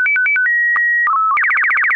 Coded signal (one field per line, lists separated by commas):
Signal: SSTV (slow-scan television)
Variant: Robot BW 8